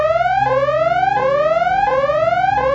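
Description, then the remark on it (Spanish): A loud electronic alarm repeats a rising whoop, each pitch sweep climbing steadily before snapping back down, about four cycles in a steady rhythm with no voices. “Al escuchar su historia resuena en mi cabeza la alarma que avisa que la relación, tarde o temprano, puede estallar, a pesar de que en apariencia todo esté bien.”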